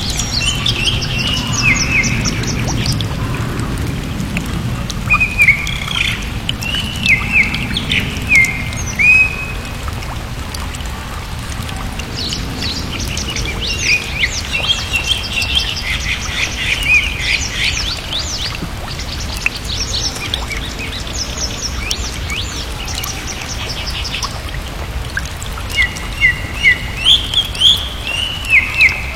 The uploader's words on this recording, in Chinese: 声音都是我亲自去田野里录的。雨声行人鸟儿飞机。